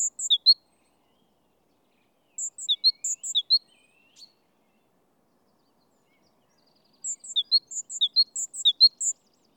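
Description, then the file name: Great tit giving quick, high alternating notes in short bursts separated by pauses of a few seconds. "Parus major"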